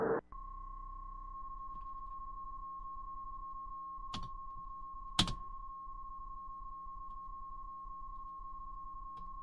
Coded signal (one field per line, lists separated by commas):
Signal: PSK31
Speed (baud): 31.25 baud